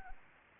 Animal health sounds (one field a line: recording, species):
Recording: mosquito wingbeat signal from an infrared sensor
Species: Anopheles arabiensis